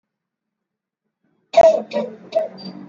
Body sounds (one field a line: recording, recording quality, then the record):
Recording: heavy voluntary cough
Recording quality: excellent, no background noise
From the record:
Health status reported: exposed to COVID-19, no respiratory illness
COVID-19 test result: not tested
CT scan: not taken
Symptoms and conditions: cough, cold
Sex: male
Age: 30 years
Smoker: no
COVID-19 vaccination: both doses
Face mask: worn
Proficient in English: yes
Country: India